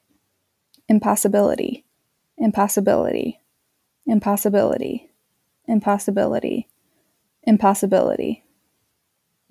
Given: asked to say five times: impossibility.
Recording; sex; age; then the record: repeated word; female; 20 to 29 years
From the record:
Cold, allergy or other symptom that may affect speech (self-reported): no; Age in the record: 27 years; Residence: Michigan, United States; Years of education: 16